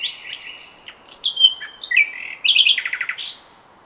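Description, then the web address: Common nightingale song with varied whistles, slurred notes and sharp chips, closing in a quick run of repeated notes, against faint background noise. "SETE Luscinia megarhynchos"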